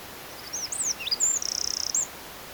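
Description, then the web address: Eurasian wren: a few high twisting whistles, a dip to a lower note, then a rapid even trill of about a dozen pulses ending in a final upward flick; quiet hiss. "SETE data Troglodytes troglodytes"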